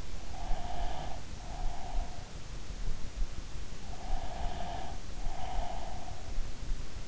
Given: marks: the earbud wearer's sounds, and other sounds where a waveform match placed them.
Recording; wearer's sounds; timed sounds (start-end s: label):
sounds in sleep by an in-ear microphone; breath
0.34-2.73 s: breath
3.93-6.58 s: breath